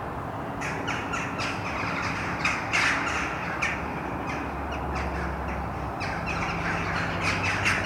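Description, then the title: Bird giving harsh squawks scattered throughout over a steady low background hum. Mariahoeve, The Hague, Netherlands; recorded with a Sony PCM D50. "Mariahoeve, Den Haag, Nederland - Vogels mariahieve"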